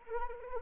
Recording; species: mosquito wingbeat signal from an infrared sensor; Anopheles arabiensis